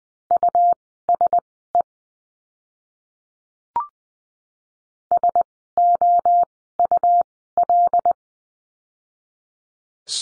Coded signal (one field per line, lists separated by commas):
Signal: Morse code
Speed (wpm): 20 wpm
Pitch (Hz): 700 Hz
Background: none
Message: USE SOUL